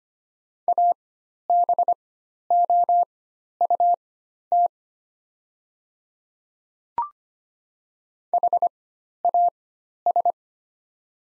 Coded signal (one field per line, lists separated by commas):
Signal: Morse code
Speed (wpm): 25 wpm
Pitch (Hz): 700 Hz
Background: none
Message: ABOUT HAS